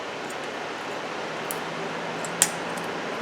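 A metal brake pad abutment clip, placed over the top of a new caliper mounting bracket on the front brakes of a 2007-2013 Chevy Silverado, is pushed down into place. After a faint tick at 1.5 s, a sharp metallic snap at 2.4 s marks the clip seating in the bracket, over a steady low background hum.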